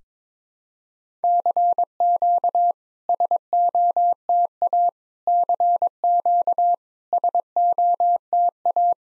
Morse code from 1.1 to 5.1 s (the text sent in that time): CQ SOTA